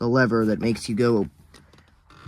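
Someone talks while working the seat-back recline lever on the seat of a 2004 Ram 1500 truck and pushing against the seat, whose recline latch sits in the seat frame. After the talk, faint handling ticks come at about 1.6, 1.7, 1.8 and 2.1 s. The recline latch has not caught or locked yet.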